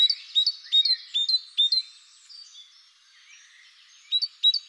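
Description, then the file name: Great tit song: a run of sharp, bell-like two-note phrases, a pause filled by faint twittering, then the phrases resume briefly at the end. Recorded in the Netherlands. "mesange charbonniere hollande"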